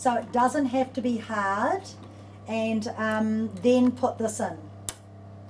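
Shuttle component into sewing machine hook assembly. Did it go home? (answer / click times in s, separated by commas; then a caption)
yes / 4.9 s. Someone talks while fitting a bobbin shuttle part into the hook assembly of a Bernina 570 sewing machine, a 5 series model using the B9 shuttle system. A single sharp click is heard at 4.9 s as the part snaps home, and it is seated nice and tight.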